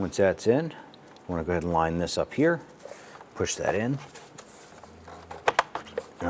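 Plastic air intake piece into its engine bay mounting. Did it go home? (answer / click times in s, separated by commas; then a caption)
yes / 5.5 s, 5.6 s. Someone talks while lining up a plastic air intake or cover piece in the engine bay of a 2007–2012 Nissan Versa and pushing it into its mounting. Two sharp plastic snaps ring out at 5.5 and 5.6 seconds, with a few quieter taps around them, as the piece seats and snaps into place.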